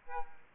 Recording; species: mosquito wingbeat signal from an infrared sensor; Aedes aegypti